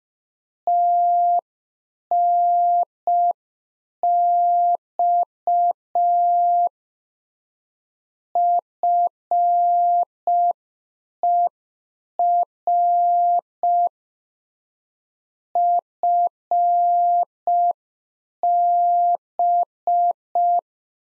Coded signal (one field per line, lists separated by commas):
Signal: Morse code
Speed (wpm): 5 wpm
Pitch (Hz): 700 Hz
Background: none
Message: TNX FER FB